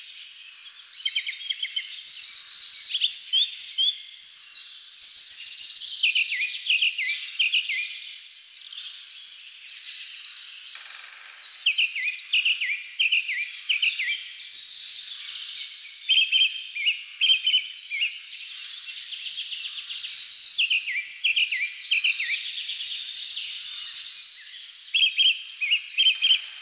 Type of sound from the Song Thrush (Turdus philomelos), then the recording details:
song. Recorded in the wild. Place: Lilienhof / Kaiserstuhl, Baden-Württemberg, DE. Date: 2000-03-25. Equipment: MiniDisc Sharp MT 20 H. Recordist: Schwarz, Dieter